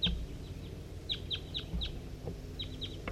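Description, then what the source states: Crossbill calls: a series of short, sharp high notes in quick bursts, with a steady low rumble underneath. Wild bird calling, at about 8:20.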